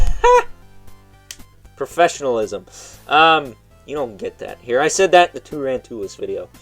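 The plastic knee joints on the legs of a Hasbro Transformers Legacy Voyager Class Inferno action figure are snapped into place after they were found not to be snapped in. Two sharp plastic snaps are heard at 0.3 s and 1.3 s as the parts lock in, stiffening the joints, and someone talks.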